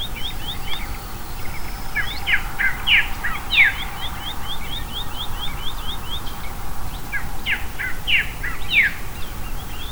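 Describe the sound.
Bird calls: rapid series of short, high chirps with louder downslurred notes in two bursts, over a steady low rumble of background noise.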